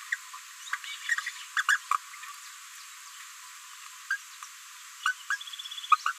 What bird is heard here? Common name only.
Green-rumped Parrotlet